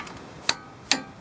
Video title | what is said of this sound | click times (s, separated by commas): [hệ thống lái] Thay thế rotuyn lái | Just like that. When it clicks once, you do it again. | 0.5 s